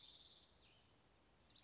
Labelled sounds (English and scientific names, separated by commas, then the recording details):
Spotted Towhee (Pipilo maculatus)
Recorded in Sonoma County, California